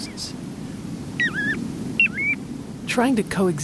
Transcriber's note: Whistled notes of Piping Plovers